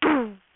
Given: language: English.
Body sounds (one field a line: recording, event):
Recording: throat vibration sensor signal played as sound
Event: throat clearing